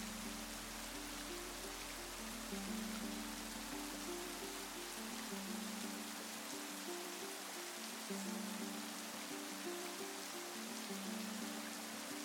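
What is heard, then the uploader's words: Steady, dense rain hiss fills the whole clip without letup. Underneath, soft low music plays sustained chords that shift every couple of seconds in a slow, repeating pattern, while the overall loudness stays even throughout. Perfect Blend of RAIN and MUSIC. Perfect blend of natural rain sounds and soft musical melodies. Delicate symphony of rain and music.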